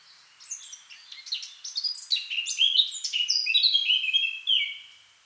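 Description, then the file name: Eurasian blackcap song opening with soft twitters, then swelling into a loud, rapid warble that closes with a clear whistled phrase. "Sylvia atricapilla"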